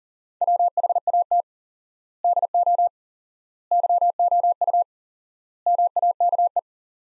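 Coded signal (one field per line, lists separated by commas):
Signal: Morse code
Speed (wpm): 40 wpm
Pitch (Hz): 700 Hz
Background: none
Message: WHAT DO YOU MAKE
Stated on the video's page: Morse practice sentences from the top 100 words at 40 wpm with 4x word spacing, a word-based approach analogous to Farnsworth.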